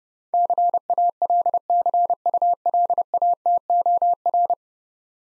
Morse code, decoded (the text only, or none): CALCULATOR